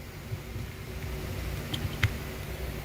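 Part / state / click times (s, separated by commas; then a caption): exterior door handle rod into plastic clip on the door latch / seated / 1.7 s, 2.0 s. On a Fox-body Mustang door being restored, the exterior door handle rod is pushed all the way down into its plastic clip on the door latch. Against a low, steady background hum, two sharp clicks sound at 1.7 s and 2.0 s as the clip snaps home and the rod is seated.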